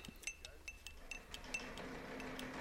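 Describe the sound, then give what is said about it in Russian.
Light glass clinks ring out repeatedly as a glass of tea is served, like a spoon tapping inside a tea glass: a quick, irregular series of bright, high chimes over a soft background hum. “Пожалуйста, держите стакан.”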